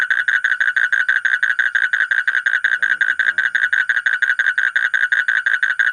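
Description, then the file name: Asian common toad calling in a steady trill of rapid, rough pulses, each pulse buzzy and mid-pitched, continuing without a break. "suara kodok bangkong kolong kodok buduk"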